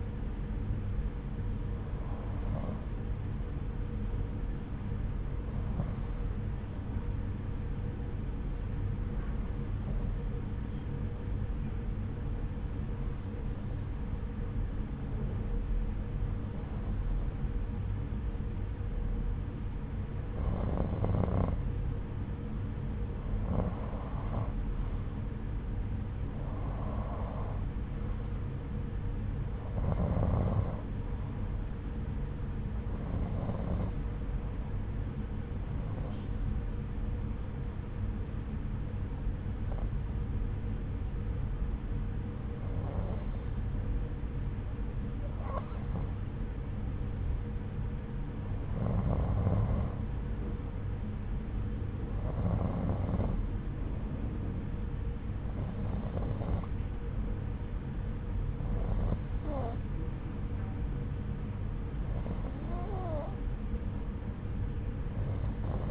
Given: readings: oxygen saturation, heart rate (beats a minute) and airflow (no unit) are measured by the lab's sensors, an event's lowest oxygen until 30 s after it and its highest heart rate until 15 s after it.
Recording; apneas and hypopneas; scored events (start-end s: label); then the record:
breathing in sleep by a smartphone at the bedside; 1
9.00-27.20 s: hypopnea (N1, oxygen 92% highest, then 90% lowest, heart rate 68 at the start, 81 highest)
41.00-65.91 s: new sleep stage, N2 (light sleep)
From the record:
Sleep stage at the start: N1 (lightest sleep); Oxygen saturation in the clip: 90 to 93%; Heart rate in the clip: 67 to 85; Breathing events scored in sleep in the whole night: 303 in 8.1 hours asleep